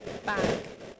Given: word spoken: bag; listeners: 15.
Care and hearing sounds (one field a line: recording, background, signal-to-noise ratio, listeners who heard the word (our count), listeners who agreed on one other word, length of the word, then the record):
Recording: one English word in noise, from a listening test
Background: noise modulated by three-talker babble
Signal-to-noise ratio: -4.9 dB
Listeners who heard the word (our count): 1 of 15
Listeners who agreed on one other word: 12 of 15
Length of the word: 0.59 s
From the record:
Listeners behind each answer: 12, 2, 1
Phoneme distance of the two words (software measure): 10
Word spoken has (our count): 1 syllable, 3 phonemes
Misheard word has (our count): 1 syllable, 3 phonemes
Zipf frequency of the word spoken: 4.89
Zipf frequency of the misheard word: 6.25